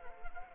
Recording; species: mosquito wingbeat signal from an infrared sensor; Anopheles arabiensis